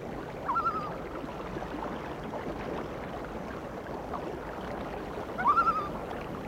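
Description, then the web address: Loon voice, two brief rising, wavering tremolo calls, one near the start and one near the end, with a long gap of low rumbling background noise between. "A Természet hangjai - Madárdal Sounds of Nature - Cry of the Loon"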